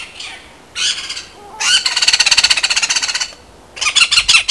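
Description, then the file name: Great spotted cuckoo producing rapid, grating rattles: a short burst, then a long chattering series lasting over a second and a half, then another short burst. "Cuculo Dal Ciuffo"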